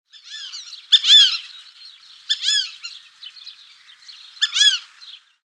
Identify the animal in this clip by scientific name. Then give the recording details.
Dendrocygna bicolor. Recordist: Tembrock, Günter. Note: Rufe eines Paares